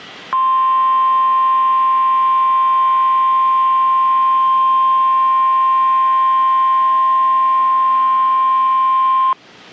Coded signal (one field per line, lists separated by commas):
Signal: Emergency Alert System (SAME) tones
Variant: 1050 Hz attention tone